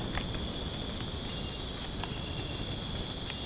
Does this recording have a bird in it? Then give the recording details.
no. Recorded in dense forest near Puerto Asís, Putumayo, Colombia, on 30 June 2025 at 01:00. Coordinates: 0.486, -76.317. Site G065